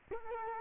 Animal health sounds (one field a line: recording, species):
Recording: mosquito wingbeat signal from an infrared sensor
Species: Culex quinquefasciatus